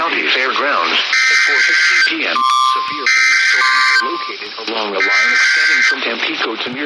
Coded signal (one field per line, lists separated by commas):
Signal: Emergency Alert System (SAME) tones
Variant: header bursts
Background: speech